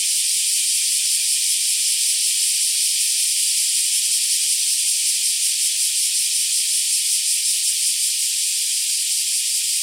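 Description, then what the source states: Black cicadas giving an unbroken, high-pitched buzzing hiss with a fine throb, level and steady from start to end. Several black cicadas.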